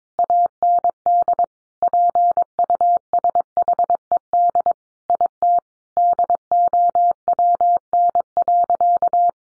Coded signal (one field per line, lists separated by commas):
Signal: Morse code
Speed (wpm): 22 wpm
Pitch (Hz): 700 Hz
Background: none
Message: AND PUSHED IT DOWN.